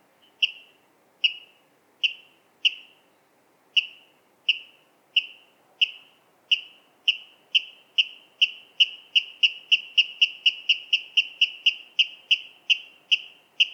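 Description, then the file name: Water rail uttering sharp kip notes that begin well spaced and steadily accelerate into a rapid, insistent string of calls. "Waterral Rallus aquaticus"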